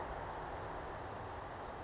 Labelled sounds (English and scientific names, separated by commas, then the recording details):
Western Flycatcher (Empidonax difficilis)
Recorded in Sonoma County, California